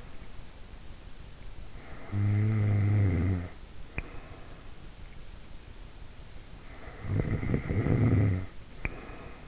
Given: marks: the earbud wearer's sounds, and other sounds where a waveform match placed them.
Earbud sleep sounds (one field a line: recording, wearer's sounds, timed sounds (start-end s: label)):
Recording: sounds in sleep by an in-ear microphone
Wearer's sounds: snoring breath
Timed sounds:
1.71-4.91 s: snoring breath
6.57-9.48 s: snoring breath